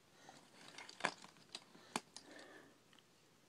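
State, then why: Not seated. A plastic limb part of a toy Transformers Construction Bots robot is lined up and pushed into its connection point on the combined six-bot robot body. Brief plastic scrapes and a few short, sharp taps are heard as it is pressed. The part has not clicked into place, and it does not seem seated in the right spot.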